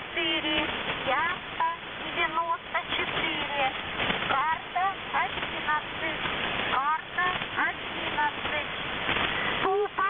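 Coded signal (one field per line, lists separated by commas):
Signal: coded military voice message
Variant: Squeaky Wheel, Russian voice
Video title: The Squeaky Wheel | 20th August 2023 | "Dlya" Voice Message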